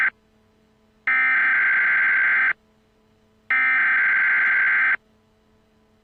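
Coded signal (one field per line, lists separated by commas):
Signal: Emergency Alert System (SAME) tones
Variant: header bursts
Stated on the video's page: Fictional EAS scenario.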